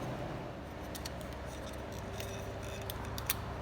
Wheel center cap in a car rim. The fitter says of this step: so that we can pop out the center of this hubcap so